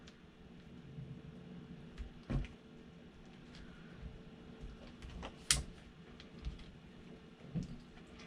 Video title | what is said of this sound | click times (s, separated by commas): STI 1911 - DUTY ONE 5.0 in 45acp | snap this into place as you | 5.5 s